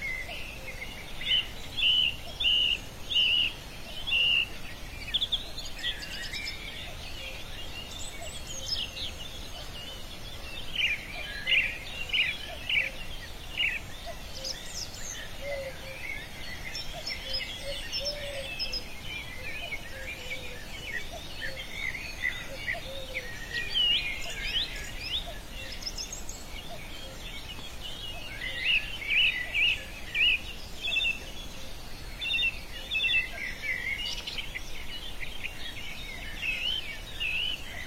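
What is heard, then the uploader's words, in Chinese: Wind moves through a mountain village while birds sing almost without pause. Bright chirps and trills come in quick clusters, busiest around 3 seconds, 10–13 seconds and 28–30 seconds. A low, steady rush of wind runs underneath the whole time. 山里的风动和鸟鸣声。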